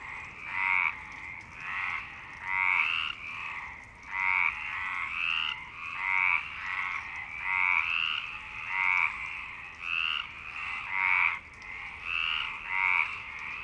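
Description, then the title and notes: Frogs giving rasping, pulsed croaks in a long repeated series. Frogs in Parc Longchamp, Marseille, Provence-Alpes-Côte d'Azur, France, 26 March 2011, 19:35; recorded with a MixPre-6 and Basic Ucho. "Marseille, Provence-Alpes-Côte d'Azur, France - 26_03_11_19_35 Longchamps_004 grenouilles. Grenouilles au parc de Longchamp"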